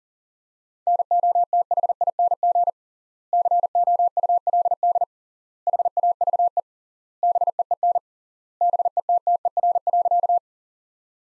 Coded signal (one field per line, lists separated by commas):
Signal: Morse code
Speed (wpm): 40 wpm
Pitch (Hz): 700 Hz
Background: none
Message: NOTHING COULD HAVE BEEN BETTER.